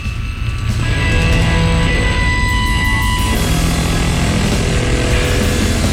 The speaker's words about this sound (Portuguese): Microfonia, gritaria, barulhada dos infernos, meu amigo.